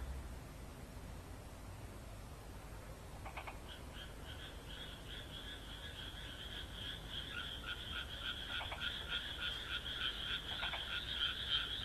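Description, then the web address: Frog croaking: a rapid series of trilled croaks begins at about three seconds and grows louder, with occasional lower pulsed croaks over steady background hiss. "kaeru kaeru"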